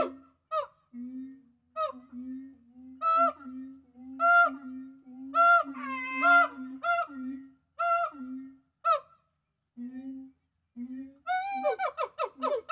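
Gibbon calls: steady low hoots with sharp higher notes roughly every second, building to a dense burst and ending in rapid, rising whoops.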